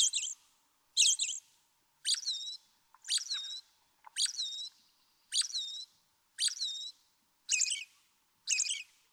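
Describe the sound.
American robin giving nine quick, rich phrases in an even rhythm, a little under one per second, with slight variation between phrases.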